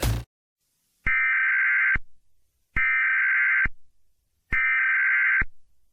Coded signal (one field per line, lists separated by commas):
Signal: Emergency Alert System (SAME) tones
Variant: header bursts